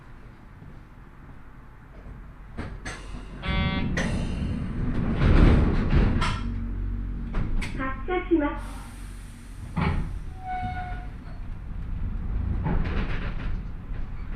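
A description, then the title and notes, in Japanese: A train with nose-suspended traction motors runs with a heavy low rumble that swells from about 3.5 seconds and peaks around 5 to 6 seconds. Rattling clanks and squeals of wheels and track come in bursts, with a brief tonal whine near 10 to 11 seconds. 万葉線 高岡駅→越ノ潟。電車は吊りかけモーターなので中々の唸りをあげています。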